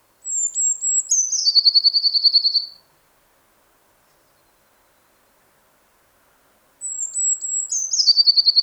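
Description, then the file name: Eurasian blue tit song given twice with a long pause between, each a high thin note sliding into a rapid, pulsing trill; the second is cut off. "Cyanistes caeruleus"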